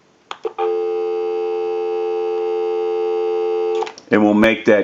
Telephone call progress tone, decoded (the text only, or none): dial tone